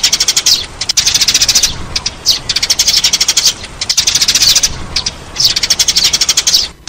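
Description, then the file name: Sparrow calls, busy high-pitched chirps delivered in rapid trains, with short gaps every second or two. "Tieng se"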